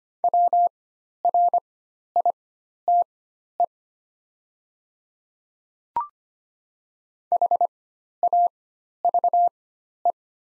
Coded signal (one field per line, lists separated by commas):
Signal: Morse code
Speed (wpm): 25 wpm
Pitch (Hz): 700 Hz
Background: none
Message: WRITE HAVE